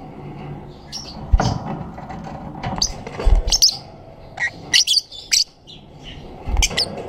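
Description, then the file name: Black-cheeked lovebird calling with short, piercing chirps and squeaks, irregular and clustered, with a few dull low thumps in between. "canto do periquito de bochechas pretas"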